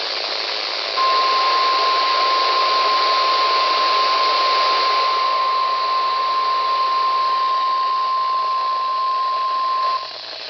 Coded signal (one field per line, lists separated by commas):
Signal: Emergency Alert System (SAME) tones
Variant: 1050 Hz attention tone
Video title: WCOS uses NWSCAP?! | EAS #1-13 (1/4-5/2023)